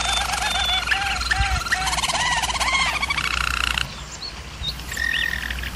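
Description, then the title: German Roller canary song, bubbling warbled notes and rolling trills, softening midway then picking up with short chirps, over low hum. Canary training recording of a German Roller canary singing. "German Roller Canary Singing - Canary Training Vid"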